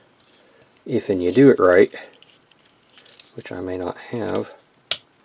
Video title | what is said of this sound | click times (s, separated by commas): Magic Square Beat Back & Collide Review | we go it'll all just snap in and it will snap into place just like it was made for it | 4.9 s